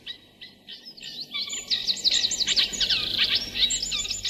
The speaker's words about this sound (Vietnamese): con chim của cậu Ngạc cũng không đủ sức bay lên cầu nữa, cánh nó xõa xa, nhưng nó vẫn ngẩng cao đầu ca khúc khải hoàn